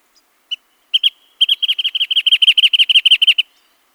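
Wrentit song: a few separate sharp notes, then a quick run of many even, clipped notes.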